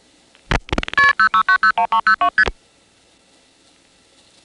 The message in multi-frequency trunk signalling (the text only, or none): KP06901302ST